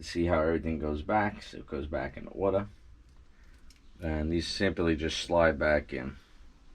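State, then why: Not seated. Someone talks while handling a de-pinned metal terminal from the hand-control wiring of a 2022 Road Glide motorcycle, sliding it back into its plastic handlebar control connector housing. Speech fills most of the clip, with a quieter pause in the middle. Nothing has seated or clicked yet; the clip ends just before the pin snaps home.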